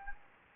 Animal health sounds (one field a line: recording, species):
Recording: mosquito wingbeat signal from an infrared sensor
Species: Anopheles gambiae